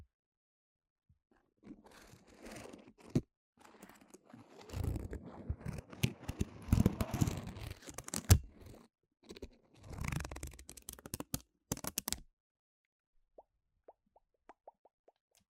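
Tapping and handling of Apple gear and product boxes: sharp taps and plops, rustling bursts near 5–9 seconds, then scattered soft clicks.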